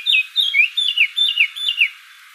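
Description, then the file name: Eurasian blackcap song: a short run of clear whistled notes, each dipping downward, delivered in quick succession over about two seconds, then fading. "Sylvia atricapilla"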